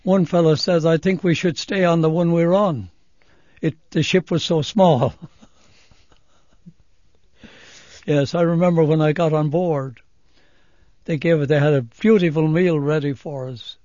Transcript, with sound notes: One fellow says, I think we should stay on the one we're on. It, the ship was so small. (laughs) Yes. I remember when I got on board, they gave, they had a beautiful meal ready for us.